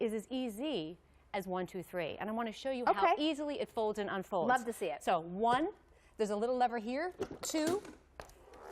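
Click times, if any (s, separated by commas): 8.2 s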